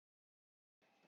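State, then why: Not seated. A ribbon cable, blue side facing the handler, is gently slid into its connector on a 6K LCD board in an Epax X133 6K Mono upgrade. The first 0.8 seconds are silent, then a steady broadband handling sound with a faint tone near 2.5 kHz runs to the end. Nothing has seated or clicked yet.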